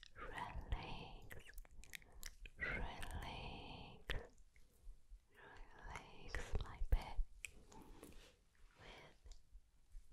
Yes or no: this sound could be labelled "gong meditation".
no